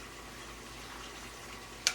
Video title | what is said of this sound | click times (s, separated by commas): Square Foot Garden Drip Irrigation | and you plug it into that hole until it snaps, | 1.9 s